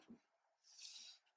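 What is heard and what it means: A radius die selector on a corner rounding machine is turned by hand to adjust the radius, giving a short low thump near 0.1 s and then a soft, broad hissing scrape from about 0.6 to 1.2 s. The selector has not locked in place yet, and nothing has seated or clicked.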